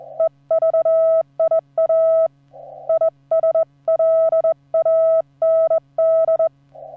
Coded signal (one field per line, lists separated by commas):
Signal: Morse code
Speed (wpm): 21 wpm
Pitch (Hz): 1300 Hz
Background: none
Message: EVIA ISLAND